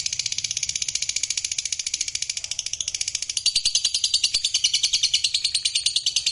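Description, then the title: Lovebird sustaining a long, fast, high-pitched trill of rattling notes that swells louder around the middle and carries on to the end. Fighter-type lovebird giving the ngekek, a long continuous trill. "Begitu Dengar Suara Lovebird FIGHTER NGEKEK PANJANG"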